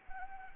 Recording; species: mosquito wingbeat signal from an infrared sensor; Anopheles arabiensis